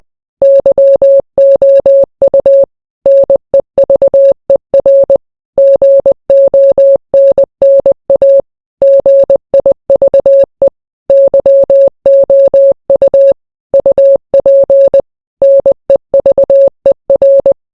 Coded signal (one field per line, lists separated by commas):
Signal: Morse code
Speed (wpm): 20 wpm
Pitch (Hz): 550 Hz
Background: none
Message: YOU NEVER GONNA GIVE YOU UP NEVER